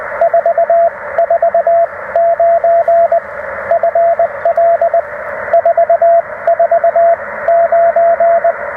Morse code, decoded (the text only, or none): 449 FL 449